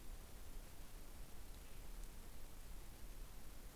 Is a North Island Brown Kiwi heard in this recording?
no